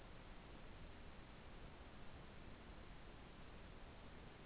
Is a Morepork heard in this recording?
no